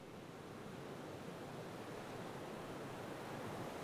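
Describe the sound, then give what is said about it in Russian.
Atlantic Ocean waves at a stone pier, with the Tagus river to the left, make a steady, hissing roar of surf, broad and unbroken, holding an even loudness throughout with no voices or distinct surges standing out. “Это Атлантика.”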